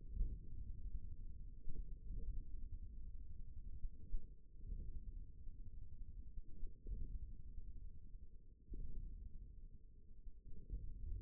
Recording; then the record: forearm muscle sounds (acoustic myography)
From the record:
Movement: hook grip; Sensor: system 1, eight BSWA MPA416 microphones around the upper forearm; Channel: 4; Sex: male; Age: 41 years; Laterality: right